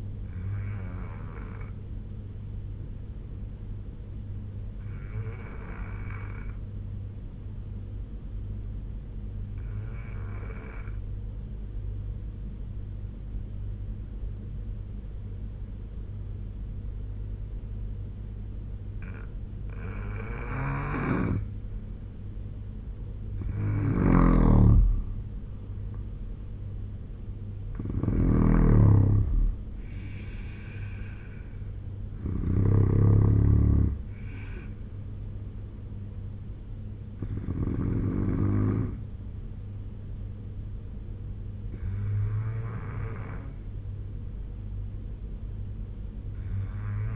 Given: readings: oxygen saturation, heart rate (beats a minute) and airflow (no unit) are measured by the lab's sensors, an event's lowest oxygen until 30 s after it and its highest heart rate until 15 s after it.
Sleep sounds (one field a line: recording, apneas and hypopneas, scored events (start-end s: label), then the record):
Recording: breathing in sleep by a smartphone at the bedside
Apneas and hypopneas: 1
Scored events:
5.00-23.30 s: obstructive apnea (N2, oxygen 94% highest, then 88% lowest, heart rate 70 at the start, 80 highest)
From the record:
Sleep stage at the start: N2 (light sleep)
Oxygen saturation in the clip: 84 to 94%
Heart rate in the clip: 67 to 80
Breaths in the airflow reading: 5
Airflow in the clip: -6.8 to 9.6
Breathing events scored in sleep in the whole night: 201 in 6.5 hours asleep